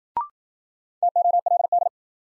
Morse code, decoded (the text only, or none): TOLD